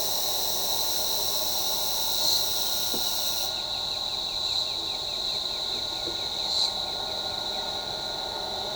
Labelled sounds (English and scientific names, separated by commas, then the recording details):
Pale-legged Hornero (Furnarius leucopus)
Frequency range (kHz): Pale-legged Hornero (Furnarius leucopus) 2.1-3.5 kHz
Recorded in shrubland near Pivijay, Magdalena, Colombia, on 13 April 2023 at 10:00
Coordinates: 10.453, -74.365
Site P5-G022